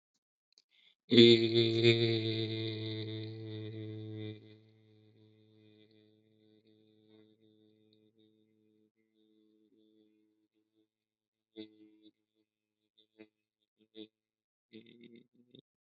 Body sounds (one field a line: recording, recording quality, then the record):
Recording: sustained vowel as in made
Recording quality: excellent, no background noise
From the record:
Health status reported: healthy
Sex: male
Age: 26 years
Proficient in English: yes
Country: India